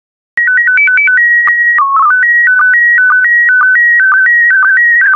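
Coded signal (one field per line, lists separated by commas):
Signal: SSTV (slow-scan television)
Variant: PD 120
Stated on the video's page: SSTV images sent in PD120 mode.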